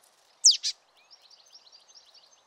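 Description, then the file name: Marsh tit call: a loud, abrupt pair of high downslurred notes in quick succession, followed by soft, rapid twittering. "Poecile palustris"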